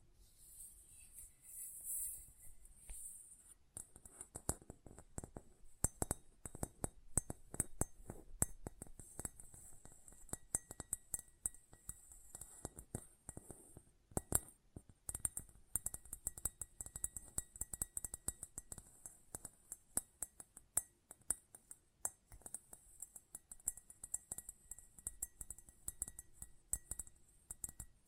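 Close-up metallic sounds: after a few seconds of thin high hiss, a dense run of sharp clicks and light clinks begins and continues to the end, irregular and bright. A faint steady whine sits underneath, with a brief pause near the middle.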